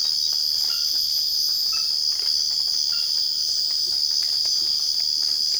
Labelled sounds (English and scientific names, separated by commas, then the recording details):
none
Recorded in secondary vegetation near Puerto Asís, Putumayo, Colombia, on 12 March 2025 at 04:30
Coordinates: 0.488, -76.319
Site G095